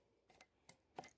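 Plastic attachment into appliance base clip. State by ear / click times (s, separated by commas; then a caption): seated / 0.7 s. A plastic attachment of a household cleaning appliance is pushed down onto the clip in its base and snaps into the hole. A faint rustle is followed by a sharp click at 0.7 s, then a louder knock near 1.0 s. The part is seated and locked in.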